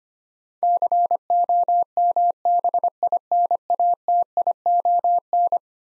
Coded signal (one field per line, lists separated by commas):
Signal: Morse code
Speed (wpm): 25 wpm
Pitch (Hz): 700 Hz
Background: none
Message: COMBINATION